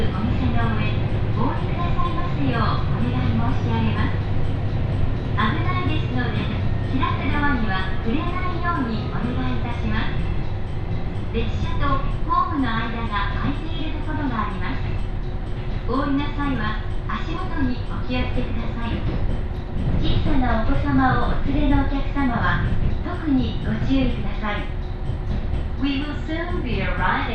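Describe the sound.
Steady rumble of an Ibara Railway train ride with a constant low hum, overlaid by almost continuous talking from several people.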